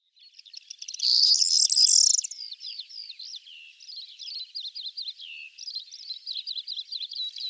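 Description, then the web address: Corn bunting song, a brief loud jingling burst early on, followed by continuous quieter high twittering. "Schulze Peter Corn Bunting song"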